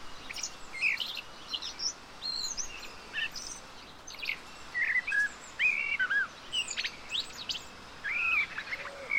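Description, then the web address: Common blackbird, mellow warbled notes in short looping phrases, repeated a few times, among many high chirps. "SETE data Turdus merula"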